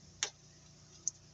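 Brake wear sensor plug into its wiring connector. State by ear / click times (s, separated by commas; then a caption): seated / 0.2 s, 1.1 s. On a 2003 Porsche Boxster S, a brake pad wear sensor plug is pushed into its wiring connector housing and the locking tab is closed. Two sharp, tick-like clicks sound at 0.2 s and 1.1 s over a low background hum. The connector is seated and locked.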